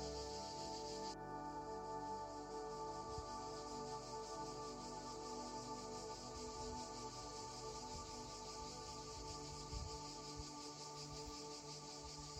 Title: Relaxation dans la piscine d'un magnifique mas provençal sur le chant des cigales